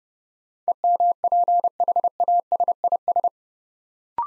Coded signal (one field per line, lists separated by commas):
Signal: Morse code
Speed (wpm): 30 wpm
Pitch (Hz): 700 Hz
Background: none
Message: EMPHASIS